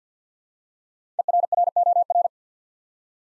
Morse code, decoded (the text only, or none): ERROR